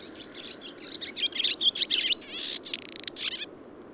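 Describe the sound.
Bird song, a fast jumble of high chirps and twittering notes, ending with a quick rattling trill and buzzy phrases.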